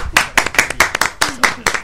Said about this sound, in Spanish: Un aplauso.